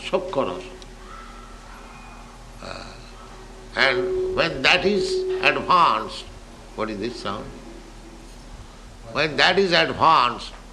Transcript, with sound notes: sakhya-rasa. And when that is advanced... [feedback noise] What is this sound? When that is advanced,